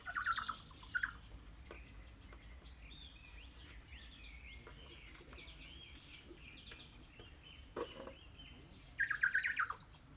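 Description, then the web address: Kea giving short, harsh calls at the start and end, with many faint whistling notes between over steady background hiss. Recorded at Jászberény Zoo in 2016. "allathangok jaszberenyizoo 2016 professzionalis kea hallgatolagosvendegsegben"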